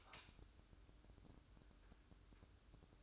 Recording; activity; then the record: daily activity, microphone in the room; light on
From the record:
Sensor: 2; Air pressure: 1007.7 hPa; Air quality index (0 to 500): 76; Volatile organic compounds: 1 ppm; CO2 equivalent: 637 ppm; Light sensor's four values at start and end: 9/21/9/9 and 14/39/16/16